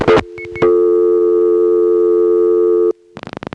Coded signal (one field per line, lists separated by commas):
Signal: telephone call progress tone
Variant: North America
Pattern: dial tone